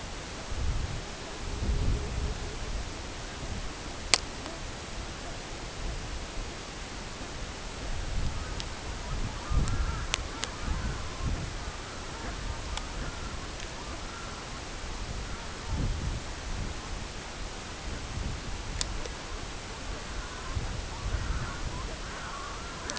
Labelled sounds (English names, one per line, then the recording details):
Pectoral Sandpiper
Red-throated Loon
Long-tailed Duck
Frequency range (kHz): Pectoral Sandpiper 0.1-0.9 kHz
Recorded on Arctic tundra, site CORI-1, on 16 June 2018
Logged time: 14:00